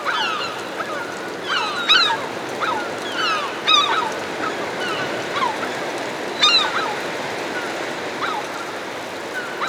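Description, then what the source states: Herring gulls calling, loud downslurred yelping cries in irregular bursts from several birds, some notes stacked and overlapping, over a continuous wash of noise. Several herring gulls hovering overhead.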